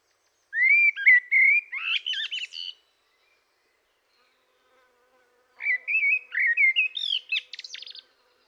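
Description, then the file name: Eurasian blackbird song, two similar phrases about five seconds apart, each of fluty rising whistles ending in a buzzy, squeaky flourish. "Turdus merula"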